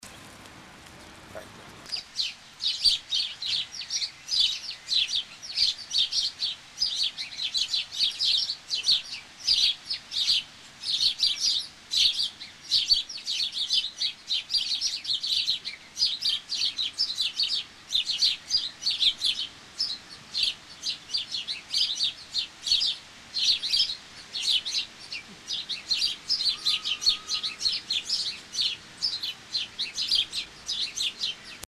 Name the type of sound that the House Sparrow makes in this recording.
song